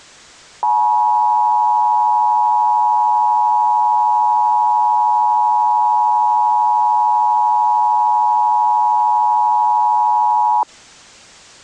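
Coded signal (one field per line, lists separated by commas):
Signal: Emergency Alert System (SAME) tones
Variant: 853 and 960 Hz attention tone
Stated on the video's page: Simulated EAS scenario alert for a fictional Santa Clara volcano.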